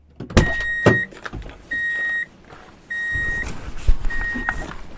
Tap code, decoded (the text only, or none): none